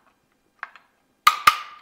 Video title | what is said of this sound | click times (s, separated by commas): 2014- 2022+ FORD TRANSIT CONNECT 5-dr Van with Flush Rails - Thule's Best Roof Rack | i'll go ahead and tighten it all the way until you can hear that click | 1.3 s, 1.5 s